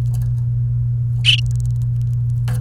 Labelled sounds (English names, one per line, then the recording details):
Domestic Canary song
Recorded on 29 April 2018 at 12:21
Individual llb3